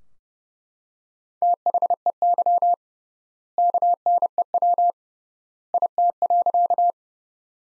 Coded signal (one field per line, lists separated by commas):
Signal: Morse code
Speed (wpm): 30 wpm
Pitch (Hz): 700 Hz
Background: none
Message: THEY KNEW IT.